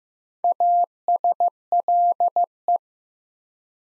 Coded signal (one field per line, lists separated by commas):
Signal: Morse code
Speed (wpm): 15 wpm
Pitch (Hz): 700 Hz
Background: none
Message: ASLE